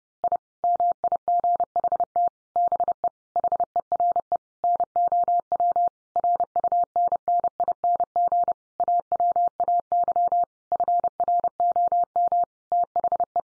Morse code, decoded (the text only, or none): I MIGHT BE HERE NOW RUNNING AWAY FROM THE